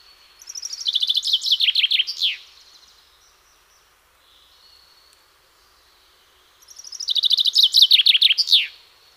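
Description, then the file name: Common chaffinch song: two bright, rattling trills that fall in pitch, each ending in a sharp flourish, separated by a quiet pause of about four seconds. "Fringilla coelebs"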